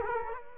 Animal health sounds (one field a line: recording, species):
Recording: mosquito wingbeat signal from an infrared sensor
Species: Culex quinquefasciatus